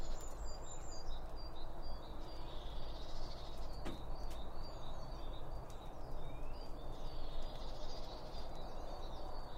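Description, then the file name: Small birds chirping in high, thin notes over a constant low rumbling background noise. Birds recorded around a bird feeding spot using two Line Audio OM1 microphones. "Birds Around Birdfeeding With Two Om 1 From Line Audio"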